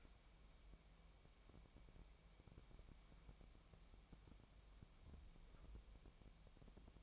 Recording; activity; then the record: daily activity, microphone in the room; wipe stove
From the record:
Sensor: 1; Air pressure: 1003.3 hPa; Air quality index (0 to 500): 200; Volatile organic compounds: 6 ppm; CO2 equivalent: 1914 ppm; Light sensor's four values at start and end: 9/22/9/11 and 9/22/9/11